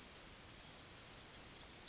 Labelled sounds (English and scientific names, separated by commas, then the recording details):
Yellowhammer (Emberiza citrinella) song
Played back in grassland
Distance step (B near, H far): C
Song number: 060